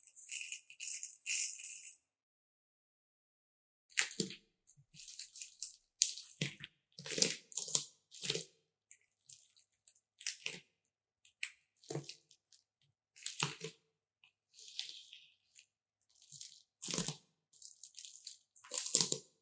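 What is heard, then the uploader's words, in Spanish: Paper, a box and protective packing material are handled during a careful unboxing. The opening two seconds hold a steady bright hiss, then a pause, followed by a string of short crinkles, rustles and soft taps every second or so through to the end. Unboxing ASMR Relajante: Lente Macro Canon 100mm f/2.8L Sonidos y Texturas Increíbles. Escucha los sonidos suaves y cautivadores del papel, la caja y los elementos protectores mientras los desempacamos con cuidado.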